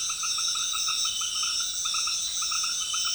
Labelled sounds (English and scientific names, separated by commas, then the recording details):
none
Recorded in dense forest near Puerto Asís, Putumayo, Colombia, on 20 February 2024 at 18:30
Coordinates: 0.502, -76.324
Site G6370